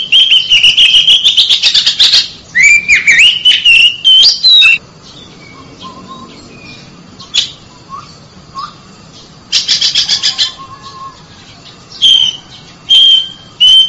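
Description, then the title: Oriental magpie-robin: buzzy rattling burst and bright slurred whistles, a long quieter stretch with faint soft notes, then another harsh burst and whistled phrases. Chirping song of a champion bird. "Kicau Burung Kacer Juara"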